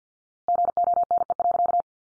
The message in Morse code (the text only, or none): GONE.